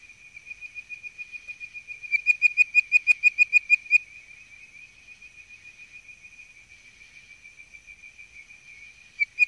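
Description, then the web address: Bird-voiced treefrog calling, a loud run of rapid whistled notes, then softer repeated notes, over a steady high whistling background. "Frog Calls Hyla avivoca - Bird Voiced Treefrog"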